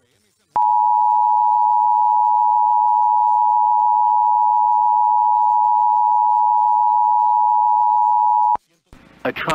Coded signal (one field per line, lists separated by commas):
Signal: Emergency Alert System (SAME) tones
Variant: 853 and 960 Hz attention tone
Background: speech